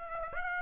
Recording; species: mosquito wingbeat signal from an infrared sensor; Aedes aegypti